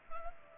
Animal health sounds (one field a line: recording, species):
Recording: mosquito wingbeat signal from an infrared sensor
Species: Culex pipiens